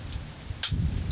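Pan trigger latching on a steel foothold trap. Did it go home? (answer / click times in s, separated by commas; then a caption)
yes / 0.6 s. A steel foothold trap is being set, and its positive-trip pan trigger gives a sharp, bright metallic click at 0.6 s as it latches flat into the set position. Low rumbling handling noise follows. The trap is now set.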